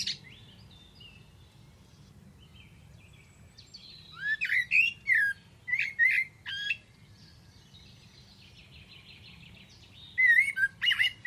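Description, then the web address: Bird calls: scattered squeaky chirps and sharp upswept notes in a cluster midway, then another brief burst at the end, with faint thin tones and low hum. "Deverinetal. Bird Only"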